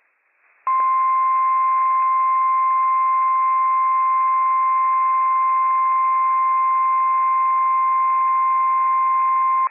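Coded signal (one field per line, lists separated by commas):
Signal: Emergency Alert System (SAME) tones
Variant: 1050 Hz attention tone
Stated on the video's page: Operational EAS tones for a National Weather Service flash flood warning on a burn scar, received on NOAA Weather Radio.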